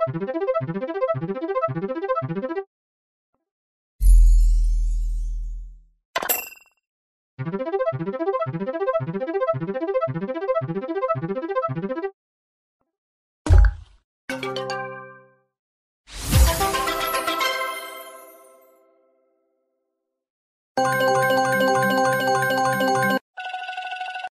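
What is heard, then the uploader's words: A string of separate electronic sound effects, each cut off by clean silence. A rapid, regular warbling beep plays twice, around the start and again near seven seconds. Between them come a falling tone, short clicks, a ringing ding that fades out, and a buzzy sustained tone near the end. Critters - General sound fx.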